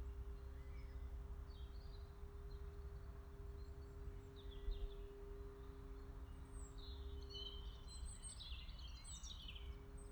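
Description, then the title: Scattered high bird chirps build into a busier cluster of twittering toward the end, with a persistent low rumbling hum underneath. Birds in a forest, 18 March 2020. "voegel im wald eine maus und ein motorrad"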